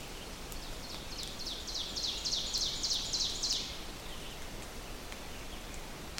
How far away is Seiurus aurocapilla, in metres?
about 65 m